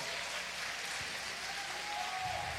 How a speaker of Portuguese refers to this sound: Vem cá, gente, vamos aplaudir o baterista, ele merece, por favor.